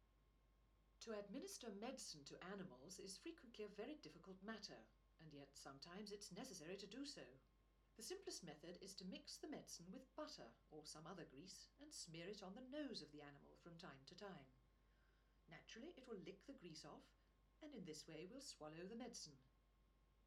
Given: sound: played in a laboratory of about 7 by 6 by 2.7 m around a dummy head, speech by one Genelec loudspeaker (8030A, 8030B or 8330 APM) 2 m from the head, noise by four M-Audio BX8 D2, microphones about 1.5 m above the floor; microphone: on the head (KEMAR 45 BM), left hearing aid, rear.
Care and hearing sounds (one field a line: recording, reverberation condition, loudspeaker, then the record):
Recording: female speech in English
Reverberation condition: low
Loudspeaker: 120 degrees to the left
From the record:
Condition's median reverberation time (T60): about 310 ms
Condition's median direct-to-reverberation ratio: about 3.5 dB